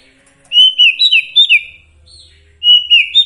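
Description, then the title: Sooty-headed bulbul song: two bursts of bubbly, slurred whistled phrases, rising and falling quickly, separated by a short pause, with a faint low hum beneath. Song with full variations, used for training songbirds (masteran). "Masteran Sirtu Full Variasi"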